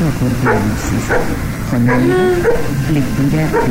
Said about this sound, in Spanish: hay un perro ladrando en la casa, vale, de al lado. No se puede... no se puede hacer nada con eso. Porque tenemos la radio y el perro ahora.